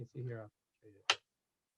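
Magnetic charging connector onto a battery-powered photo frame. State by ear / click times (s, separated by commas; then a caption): seated / 1.1 s. Someone talks, then a magnetic charging connector brought near a battery-powered portable photo frame resting in its stand snaps into place with a sharp click at 1.1 s. The connector is seated, and the frame then shows that it is charging.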